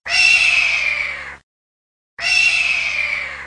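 Hawk screams: two long, hoarse, slightly descending screeches separated by a short silent gap.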